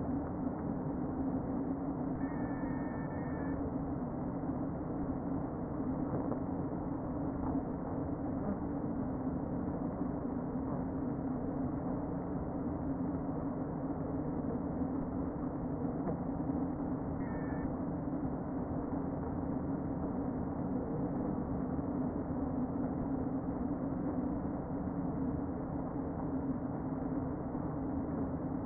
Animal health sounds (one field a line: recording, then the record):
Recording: honeybee colony, microphone inside the hive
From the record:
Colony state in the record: queen present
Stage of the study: before two queens were removed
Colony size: about 60,000 bees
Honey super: yes